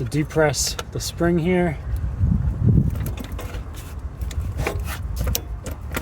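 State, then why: Seated. Someone talks, then the spring-loaded locking collar on the steel PTO driveshaft yoke of a MechMaxx SG24 PTO stump grinder is pressed in and the yoke is pushed onto the splined PTO output shaft of a Kubota B2601 tractor, with scraping and small metallic knocks. A sharp click at 5.4 s is the lock engaging as the yoke snaps into place, seated.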